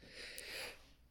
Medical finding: A weird sneeze.